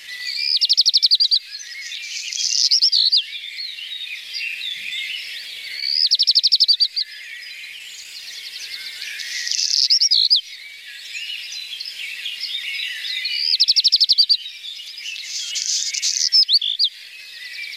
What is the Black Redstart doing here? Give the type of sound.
song